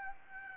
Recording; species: mosquito wingbeat signal from an infrared sensor; Aedes aegypti